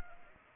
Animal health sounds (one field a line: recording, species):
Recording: mosquito wingbeat signal from an infrared sensor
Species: Anopheles arabiensis